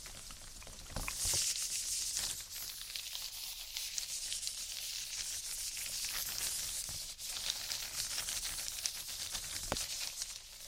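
Close ear rubbing makes a dense, steady, bright crinkling hiss, with a few sharp taps near one, seven and nearly ten seconds.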